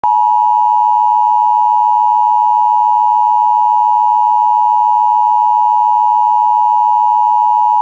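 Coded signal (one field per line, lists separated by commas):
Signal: Emergency Alert System (SAME) tones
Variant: 853 and 960 Hz attention tone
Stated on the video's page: Real severe thunderstorm warning, captured through a radio station's IP stream logger.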